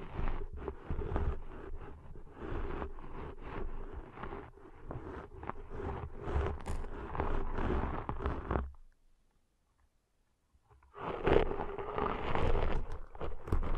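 Ear cleaning sounds: dense, rubbing and crackling scratches fill the first nine seconds, with quick irregular clicks over a low rumbling thud. Around nine seconds it drops to near silence for two seconds, then the scraping and crackling resume until the end.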